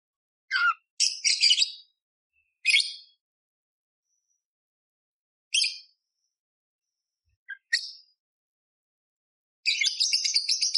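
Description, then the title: Budgerigar calls, scattered harsh chirps and short chatter bursts with long silent gaps, ending in a dense run of rapid scratchy notes. Budgerigar masteran with clear, loud chattering (gacor) and rough bursts, used to train other songbirds such as the kacer. "Masteran Burung Parkit Gacor Jernih Full Isian Tembakan Kasar Cocok Buat Kacer"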